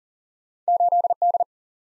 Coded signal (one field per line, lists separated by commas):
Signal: Morse code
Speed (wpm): 53 wpm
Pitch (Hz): 700 Hz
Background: none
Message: 8D